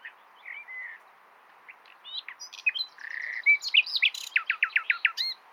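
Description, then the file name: Common nightingale song building from soft whistles to a rich phrase of loud, rapidly repeated downslurred notes near the end. "Luscinia megarhynchos"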